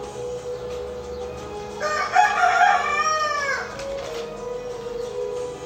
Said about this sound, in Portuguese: O galo aqui no reino de Asgard canta toda hora, né? É, toda hora era.